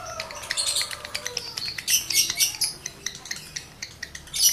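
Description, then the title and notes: Lovebird twittering song, shrill chirps and metallic clicks tumbling quickly, growing louder near the middle and again at the end. Male lovebird in breeding condition; recording used as a lure to stimulate other lovebirds to sing energetically. "Birahi Lovebird Jantan ke Gacor. Pancingan Suara Lovebird jantan birahi"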